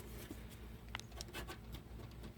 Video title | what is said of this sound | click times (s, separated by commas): How to change a vent valve solenoid in a 2006 gmc 5.3 1500 | that's locked into place | 0.9 s